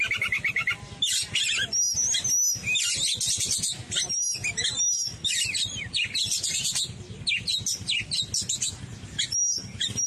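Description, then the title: Oriental magpie-robin song with bursts of high rapid twittering and short pure whistles, broken by brief pauses between energetic phrases. "Kacer"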